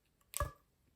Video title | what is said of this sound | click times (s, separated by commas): Campervan Plumbing with hot & cold tanks | there i got to click there | 0.4 s